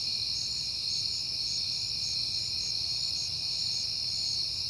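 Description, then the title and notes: Crickets call in a shrill continuous chorus, with a higher trill pulsing in short regular bursts and a faint low hum. Crickets recorded at night in September, on a peaceful night. "Night Time: Crickets and Passing Cars. It is September and I have been hearing the crickets a lot"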